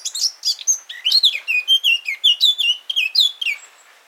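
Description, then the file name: Eurasian blackcap song, a brief chattering start followed by loud fluty whistles repeated in a rhythmic series, each note slurring downward. "Sylvia atricapilla"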